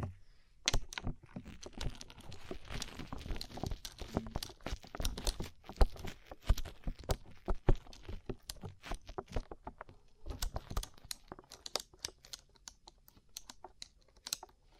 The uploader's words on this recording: ASMR Rhinestone Covered Tapping 3Dio (No Talking).